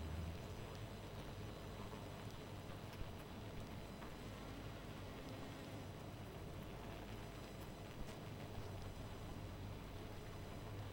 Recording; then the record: honeybee colony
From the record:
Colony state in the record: missing queen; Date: 14 July 2017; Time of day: 0:31